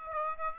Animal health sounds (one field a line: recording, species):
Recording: mosquito wingbeat signal from an infrared sensor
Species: Aedes aegypti